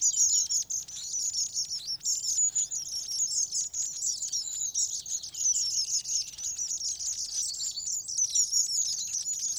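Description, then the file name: Long-tailed tit calls: a dense, continuous stream of thin, very high twittering and trilled notes with short buzzy rattles, over faint low background noise. "Staartmees"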